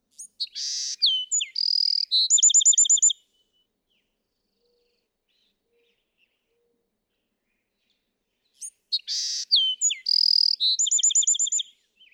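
Bewick's wren singing two bright phrases roughly eight seconds apart, opening with thin whistled slurs and a harsh buzz, ending in a rapid trill.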